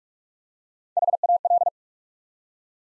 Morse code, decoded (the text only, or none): HAL